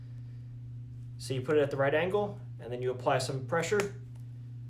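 A plastic butterfly lock is held at an angle and pressed against the plastic wall panel of a 3-layer, 15-inch-high chicken cage to join it to the top piece. Someone talks over a steady low hum. The lock has not snapped in yet, and nothing has seated or clicked.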